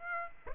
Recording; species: mosquito wingbeat signal from an infrared sensor; Aedes aegypti